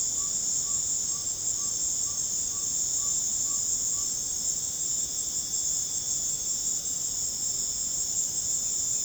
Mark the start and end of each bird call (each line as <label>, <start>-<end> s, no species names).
bird call, 0.00-4.11 s